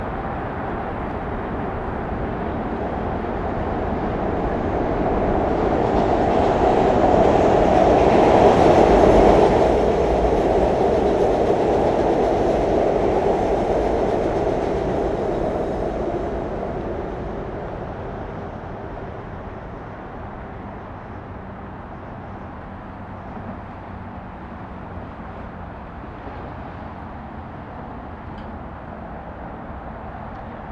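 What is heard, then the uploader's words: A train rumbles across a bridge, its dense rattling roar swelling to a peak around nine seconds, then slowly fading into a low steady drone. MBTA Redline Train Passing a Bridge in a Park in Quincy, MA.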